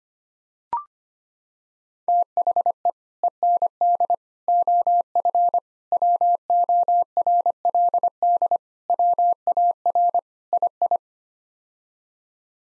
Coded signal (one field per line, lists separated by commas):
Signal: Morse code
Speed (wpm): 25 wpm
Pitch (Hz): 700 Hz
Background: none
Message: THE END OF WORLD WAR II